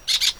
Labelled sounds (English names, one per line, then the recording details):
Brown-throated Parakeet contact call
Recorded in Venezuela
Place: PN Cerro Saroche, Tierras del Sr. Polo, Edo. Lara
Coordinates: 10.171, -69.518